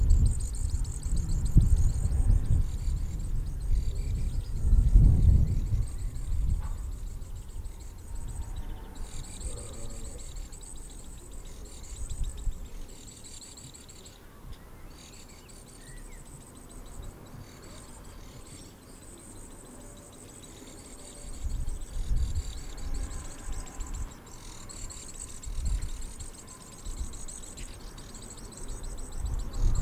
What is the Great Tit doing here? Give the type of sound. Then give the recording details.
song. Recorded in the wild. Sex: pair. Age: adult. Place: Garmisch-Partenkirchen, Bayern, DE. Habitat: urban area. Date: 1968-04-22. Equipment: Nagra, Vollspur. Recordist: Tretzel, Erwin